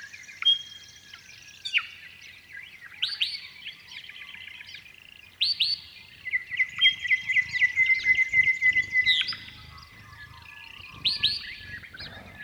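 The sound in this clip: Honeyeaters singing: mellow whistles and quick chirping bursts every second or two, with a long steady whistled note in the middle.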